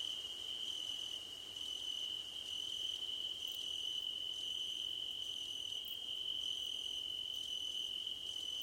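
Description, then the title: Steady shrill cricket trilling, overlaid by short higher chirps repeating at a regular pace. Cricket chorus recorded at night under a starlit sky, presented as nighttime ambience for sleep and relaxation. "Nighttime Ambience with Crickets"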